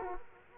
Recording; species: mosquito wingbeat signal from an infrared sensor; Culex quinquefasciatus